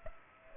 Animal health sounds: mosquito wingbeat signal from an infrared sensor; Culex pipiens

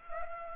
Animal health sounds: mosquito wingbeat signal from an infrared sensor; Culex pipiens

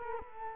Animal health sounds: mosquito wingbeat signal from an infrared sensor; Culex quinquefasciatus

